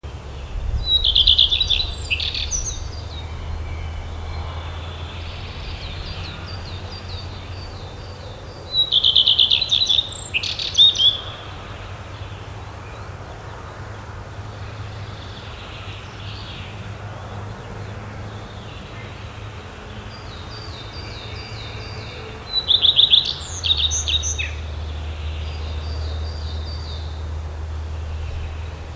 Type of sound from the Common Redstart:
song